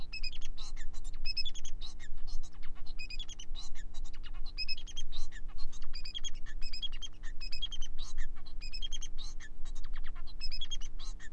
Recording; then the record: song of a male Bengalese finch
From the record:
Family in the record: son of father 4